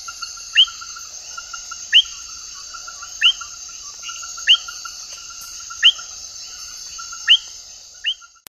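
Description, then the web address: Frog (Vanzolinius discodactylus): frog call: short, sharp upswept chirps repeated roughly every one and a half seconds over a steady high insect drone and a softer pulsed trill. Ecuadorian Amazon. "Nature Songs S America Frogs of Ecuadorian Amazon Vanzolinius discodactylus"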